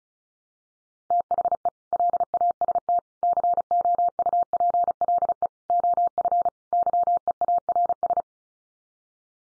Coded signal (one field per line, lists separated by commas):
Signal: Morse code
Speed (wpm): 34 wpm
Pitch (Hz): 700 Hz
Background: none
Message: THE LAST COUPLE OF YEARS